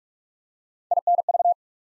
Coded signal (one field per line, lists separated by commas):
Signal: Morse code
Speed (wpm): 44 wpm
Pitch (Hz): 700 Hz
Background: none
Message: INV